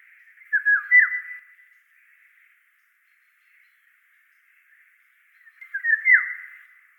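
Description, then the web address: Eurasian golden oriole giving two rich, flute-like whistled phrases that slur downward, separated by about four seconds of quiet. "golden oriole voice"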